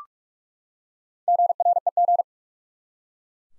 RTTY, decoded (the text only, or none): none